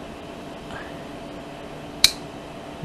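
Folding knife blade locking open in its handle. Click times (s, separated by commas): 2.0 s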